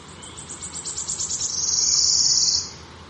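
Wood warbler song: thin, accelerating stuttered notes build into a loud, buzzy, silvery trill that ends abruptly, then quiet.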